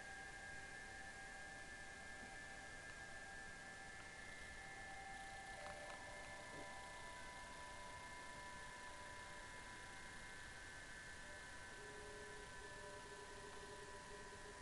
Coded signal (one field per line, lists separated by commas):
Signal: PSK31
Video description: 7037 kHz 2019 Digimode PSK31 DC4OH and UA3PI.